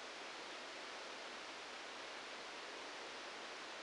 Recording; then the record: brain microelectrode recording played as sound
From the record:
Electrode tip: outside the subthalamic nucleus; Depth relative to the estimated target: -2 mm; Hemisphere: right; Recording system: NeuroSet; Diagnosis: Parkinson's disease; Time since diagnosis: 9 years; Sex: male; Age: 56 years